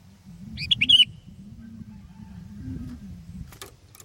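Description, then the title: Sooty-headed bulbul utters one quick bubbling phrase of several notes above a steady low hum, with faint clicks afterward. "kutilang"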